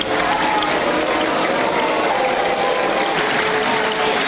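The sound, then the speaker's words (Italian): Dense, steady applause from a large crowd at the European Parliament, greeting Greek prime minister Alexis Tsipras at his first speech there, fills the whole stretch, with thin whistles and jeers threaded through the clapping at an even, loud level. “Applausi da una parte e fischi dall'altra.”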